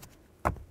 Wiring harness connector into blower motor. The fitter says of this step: Push it in, listen for a click, give it a nice tug.